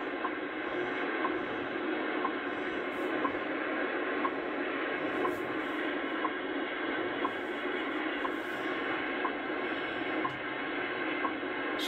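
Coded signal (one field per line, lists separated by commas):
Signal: radio time signal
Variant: WWV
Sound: faint short clicks each second over continuous hissy shortwave static, about 12 ticks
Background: radio static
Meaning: Each tick marks one second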